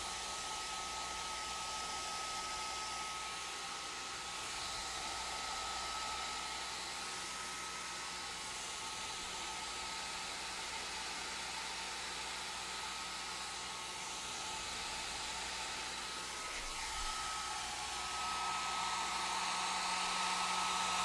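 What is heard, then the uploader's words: A hair dryer blows throughout, a dense steady rushing hiss with a thin whine running above it. The whine wavers slightly and drops out briefly around seventeen seconds, then returns, and the blowing grows a little louder toward the end. Gentle Hair Styling.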